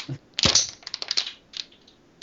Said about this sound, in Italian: Che cos'è? Sembrano dei popcorn. Continuano a piovere proiettili. No, era una bottiglia che esplose, non ti preoccupare.